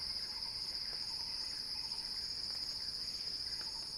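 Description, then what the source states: Cicada song, an unwavering shrill buzz, with soft faint notes repeated underneath. Cicada song building as a crescendo.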